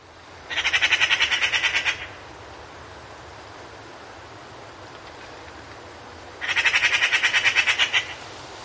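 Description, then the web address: Eurasian magpie uttering two dry, rattling chatters of rapid harsh notes, each about a second and a half long, separated by roughly four seconds of near silence. "european magpie"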